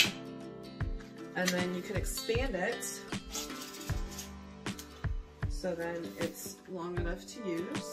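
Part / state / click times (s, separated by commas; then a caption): top handle section into stick vacuum tube / seated / 0.0 s. The top handle section of an Eioeir cordless stick vacuum is slid onto the plastic tube until it latches, with a loud click at 0.0 s, showing the top part is seated. Someone talks over background music, and a few more soft clicks and taps follow.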